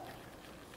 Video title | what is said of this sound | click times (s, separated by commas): Brake Reservoir Replacement: Land Rover Discovery 2 | until it snaps and I missed again okay | none